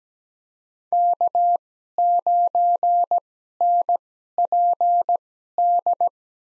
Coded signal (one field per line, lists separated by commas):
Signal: Morse code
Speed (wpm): 17 wpm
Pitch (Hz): 700 Hz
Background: none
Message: K9NPD